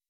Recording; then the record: hydrophone in a shrimp aquaculture tank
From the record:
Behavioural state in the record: weakened